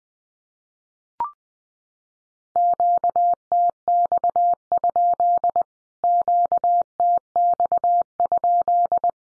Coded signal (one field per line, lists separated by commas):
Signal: Morse code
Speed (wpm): 20 wpm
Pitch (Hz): 700 Hz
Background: none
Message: QTX? QTX?